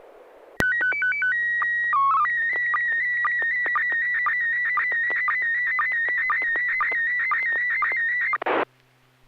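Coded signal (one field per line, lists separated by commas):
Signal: SSTV (slow-scan television)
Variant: PD 120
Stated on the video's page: SSTV images on a weekly net over an FM repeater on 441.300 MHz, sent with MMSSTV.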